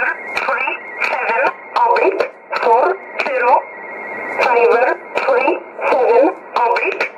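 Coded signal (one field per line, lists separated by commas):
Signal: numbers station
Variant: E11 Oblique, English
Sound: a voice reading about nine short, evenly spaced words over a narrow radio channel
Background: radio static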